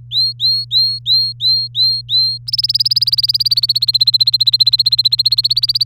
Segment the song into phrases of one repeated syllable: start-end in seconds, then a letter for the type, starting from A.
0.11-2.38 A, 2.47-5.86 B